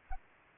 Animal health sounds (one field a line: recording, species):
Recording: mosquito wingbeat signal from an infrared sensor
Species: Anopheles gambiae